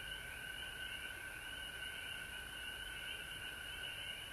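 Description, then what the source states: Massed frogs producing a steady, ringing trill in two layered pitches, continuous with no clear breaks. Recorded at home in Georgia on March 19, 2020.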